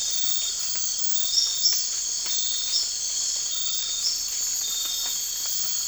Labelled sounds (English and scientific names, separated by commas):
none